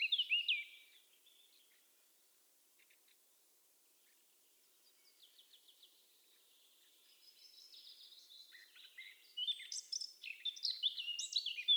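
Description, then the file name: Eurasian blackcap song: a brief high chattering burst, a long quiet gap with faint twittering, then a louder, fast, scratchy warble that builds toward the end. "Sylvia atricapilla"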